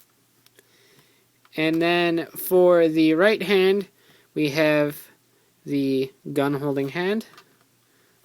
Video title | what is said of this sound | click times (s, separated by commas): Review: S.H.Figuarts - Kamen Rider G Den-O | that pops right into the hand right there so pretty cool | 0.5 s